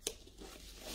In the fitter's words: vous entendez un clic et pareil si vous voulez le tenir comme ça en